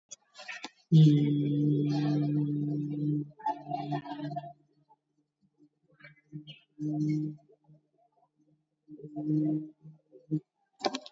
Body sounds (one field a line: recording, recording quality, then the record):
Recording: sustained vowel as in beet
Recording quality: excellent, no background noise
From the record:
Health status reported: recovered from COVID-19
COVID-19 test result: positive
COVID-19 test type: RT-PCR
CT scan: taken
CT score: 8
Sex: male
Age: 38 years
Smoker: no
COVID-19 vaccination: one dose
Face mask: not worn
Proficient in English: yes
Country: India